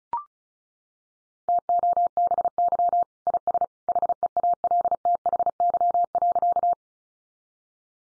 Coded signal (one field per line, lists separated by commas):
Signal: Morse code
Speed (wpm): 34 wpm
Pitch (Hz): 700 Hz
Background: none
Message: TOBY IS HEALTHY.